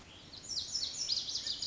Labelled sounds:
Lazuli Bunting (Passerina amoena)
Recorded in Sonoma County, California

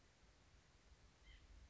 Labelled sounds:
White-breasted Nuthatch (Sitta carolinensis)
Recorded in Sonoma County, California

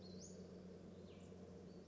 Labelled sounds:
Western Flycatcher (Empidonax difficilis)
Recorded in Sonoma County, California

